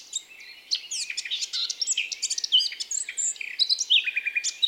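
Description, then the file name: Eurasian blackcap song, a rapid, nearly continuous warble of scratchy chirps and clear whistled notes after a quiet start. "Sylvia atricapilla"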